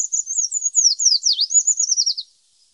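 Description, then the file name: Eurasian treecreeper singing a thin, high trill that wavers and then dips sharply in pitch, lasting about two seconds. "Tradkrypare"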